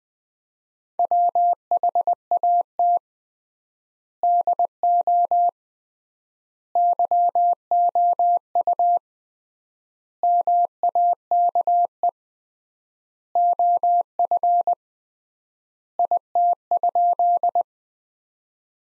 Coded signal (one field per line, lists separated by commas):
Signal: Morse code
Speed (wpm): 20 wpm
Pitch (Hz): 700 Hz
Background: none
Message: WHAT DO YOU MAKE OF IT?